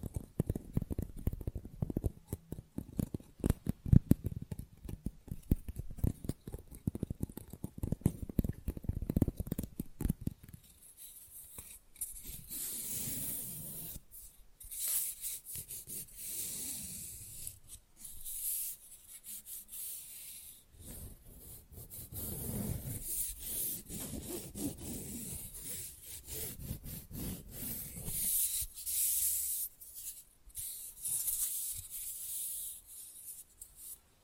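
Fast, rough nail filing: dense rapid scraping strokes fill the first ten seconds with a heavy low rasp. After that the filing turns lighter and patchier, coming in bursts of brighter, hissier scratching with short pauses, some strokes sharper and higher near the end.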